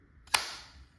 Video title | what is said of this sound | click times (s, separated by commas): Valken M17 Less Lethal - Testing High Pressure Air Bleed Valve…..Lets Purge! | so it popped into place that is that's the click you're hearing is that bolt locking forward | 0.3 s